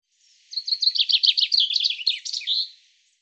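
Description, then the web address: Common chaffinch singing one bright, rattling phrase of repeated high chips that tumble downward and finish with a quick twirling ending, with nothing else audible. "Deverinetal 2025 File cleaned normalized Bird Fr Co"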